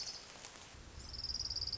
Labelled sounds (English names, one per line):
Orange-crowned Warbler